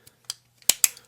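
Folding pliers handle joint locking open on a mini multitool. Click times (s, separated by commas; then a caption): 0.7 s, 0.8 s. The pliers of a folding BIBURY Outdoor mini multitool are opened for a comparison until the handles lock open at the folding joint. A few faint ticks and a small click come first, then two sharp, bright clicks land at 0.7 s and 0.84 s as the handles lock open.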